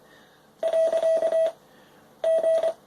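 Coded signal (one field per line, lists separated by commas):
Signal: Morse code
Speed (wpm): 24 wpm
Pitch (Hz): 650 Hz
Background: none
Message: . G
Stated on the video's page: Dual-paddle key through a converter offering Ultimatic, single-paddle emulation or passthrough to the radio's built-in iambic keyer.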